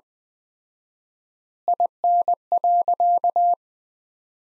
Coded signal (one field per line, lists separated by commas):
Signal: Morse code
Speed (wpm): 20 wpm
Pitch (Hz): 700 Hz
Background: none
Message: IN.